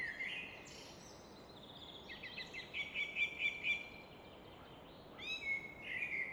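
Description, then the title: Common nightingale song with a quick repeated-note series, then another phrase after a brief gap, over steady rushing background noise. Evening in Fläsch, Switzerland; rushing of the Rhine reflected off a rock face in the background; recorded with Fostex FR2 and MKH 800. "Fläsch, Schweiz - Abendstimmung Nachtigall"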